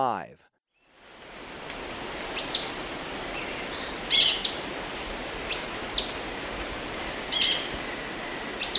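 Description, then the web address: Orange-bellied euphonia: after a short break, sharp high chips and thin notes come at irregular intervals, a few in quick pairs. Ecuador. "Natures Songs S America Birds of Ecuador Orange-bellied Euphonia"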